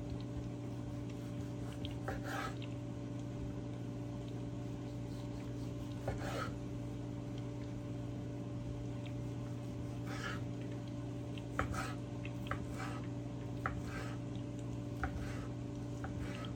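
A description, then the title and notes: A steady low hum runs underneath, like an appliance, while short scraping and cutting sounds on a board come sparsely at first, then more often after about ten seconds. The strokes are brief and fairly quiet against the hum. Slicing Tomatoes ASMR. Scraping noises from the cutting board.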